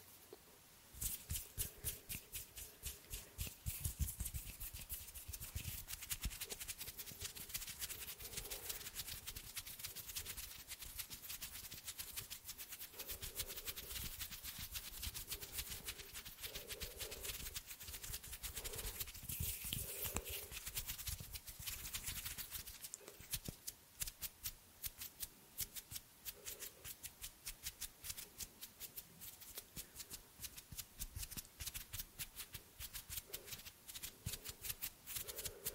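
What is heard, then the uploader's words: Hand sounds fill the recording with dense, rapid clicks and scratchy taps that run nearly without pause from start to finish. The texture is bright and crackly, with short hollow tones popping up irregularly, especially between about 14 and 21 seconds. ASMR Hand sounds No talking.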